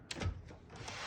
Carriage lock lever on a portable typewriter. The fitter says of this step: What you need to do is push it down and to the right to unlock it.